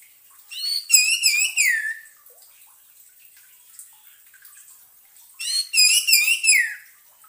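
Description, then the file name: Orange-headed thrush song: two similar phrases of rapid, ringing whistled notes, each ending in a downslurred tail, separated by a quiet pause. Played as a lure sound to keep a bird from getting stressed. "suara pancingan burung anis merah agar tidak stress"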